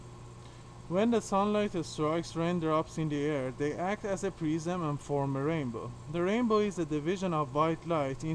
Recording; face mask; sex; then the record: reading aloud; surgical mask; male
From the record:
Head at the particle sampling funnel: tilted down, bridge of the nose in front of it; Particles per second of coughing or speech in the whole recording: 2.92